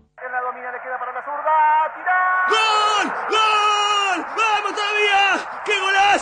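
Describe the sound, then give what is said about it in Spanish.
In an Argentine radio advertisement for Amstel beer, voices yell a drawn-out goal celebration for a goal then ruled offside by VAR, starting with a rising shout and breaking into several loud, sustained high-pitched cries with brief breaks between them. “Te puedes equivocar gritando un gol, eligiendo la cerveza.”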